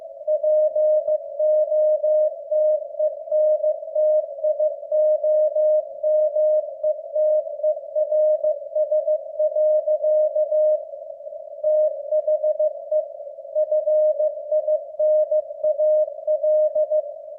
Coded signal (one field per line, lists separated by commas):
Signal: Morse code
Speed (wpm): 15 wpm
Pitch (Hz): 610 Hz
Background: none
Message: POTENTIOMETERS. THE FINAL